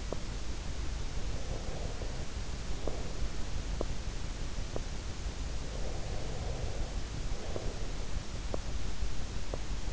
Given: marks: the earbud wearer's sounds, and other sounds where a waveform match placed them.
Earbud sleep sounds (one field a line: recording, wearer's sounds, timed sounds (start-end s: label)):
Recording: sounds in sleep by an in-ear microphone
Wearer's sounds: teeth grinding, breath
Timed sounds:
0.00-0.34 s: teeth grinding
1.25-3.33 s: breath
3.70-3.98 s: teeth grinding
4.65-4.96 s: teeth grinding
5.64-8.02 s: breath
8.42-8.70 s: teeth grinding
9.43-9.80 s: teeth grinding